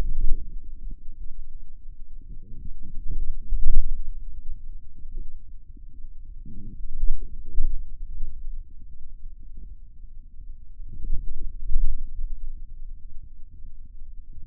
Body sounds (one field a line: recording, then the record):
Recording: forearm muscle sounds (acoustic myography)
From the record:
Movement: wrist extension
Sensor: system 2, bracelet of six BSWA MPA416 microphones around the upper forearm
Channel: 4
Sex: male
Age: 22 years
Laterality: right